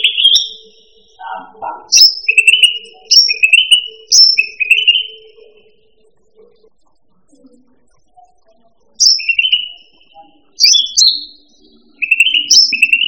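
Bird singing bursts of fast, buzzy chirped trills mixed with high sharp notes, separated by quiet gaps.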